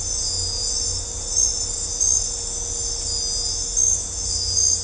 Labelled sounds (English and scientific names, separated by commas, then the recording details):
none
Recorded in dense forest near Puerto Asís, Putumayo, Colombia, on 16 December 2024 at 02:00
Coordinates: 0.503, -76.323
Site G043